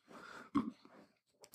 Hiccuping.